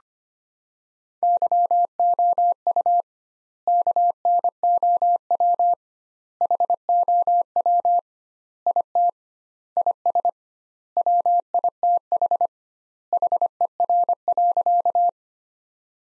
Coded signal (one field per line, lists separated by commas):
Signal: Morse code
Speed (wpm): 25 wpm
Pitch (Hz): 700 Hz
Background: none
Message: YOU KNOW HOW IT IS WITH HER.